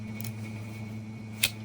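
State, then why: Seated. A restored carbon-steel folding hunter knife has its blade worked so it snaps into place under the backspring in the handle. Faint ticks sound around 0.2 and 0.3 s over a steady low hum, then a sharp, bright snap at 1.4 s as the blade seats.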